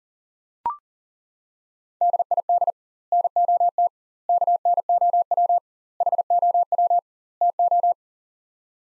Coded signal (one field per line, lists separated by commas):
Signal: Morse code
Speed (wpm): 40 wpm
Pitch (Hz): 700 Hz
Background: none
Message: DID NOT KNOW HOW TO